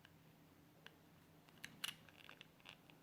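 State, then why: Released. A plastic inner piece is pulled out of a 2009–2014 Acura TSX flip key fob in an unusual direction during a battery replacement. Faint ticks and scrapes are heard around 0.9 and 1.6 seconds. The piece releases with a sharp click at 1.8 seconds, which is the mechanism letting go and not anything breaking, and a few softer clicks follow.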